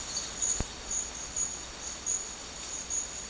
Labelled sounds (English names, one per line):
none